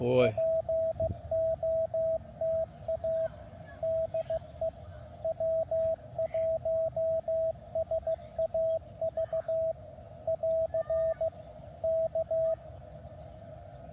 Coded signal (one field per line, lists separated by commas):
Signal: Morse code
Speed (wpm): 16 wpm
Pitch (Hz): 660 Hz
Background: speech, radio noise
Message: POTA DE W1SAV <AR> K